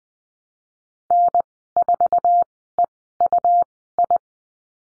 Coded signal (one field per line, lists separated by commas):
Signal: Morse code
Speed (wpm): 20 wpm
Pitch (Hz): 700 Hz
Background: none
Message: N4EUI